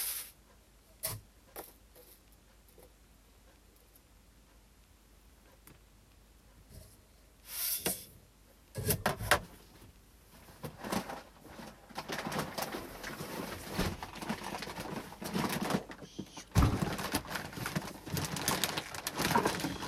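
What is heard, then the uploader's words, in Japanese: Hand-checking hulled brown rice: quiet at first with scattered clicks, then from eight seconds dense rustling and pouring of grains, sharp taps around seventeen. 環境音 お米出荷準備(点検)。モミすり後のお米(玄米)を、選別機にかけ、モミの残りや草の実など最終を手作業でチェック。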